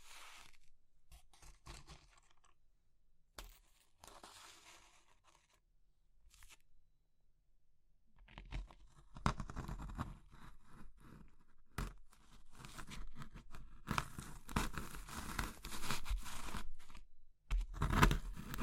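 Crushing of soft, crumbly things like soap, chalk or meringue: dry crackling and crumbling bursts, sparse and faint at first with pauses, then denser and louder from about eight seconds on. The crunches come in quick, irregular clusters, bright and gritty, peaking near the end.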